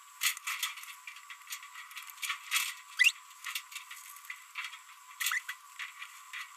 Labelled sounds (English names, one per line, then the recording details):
Green-rumped Parrotlet babbling
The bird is a female
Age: 30 days
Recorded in a nest box in Venezuela
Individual 17B42B1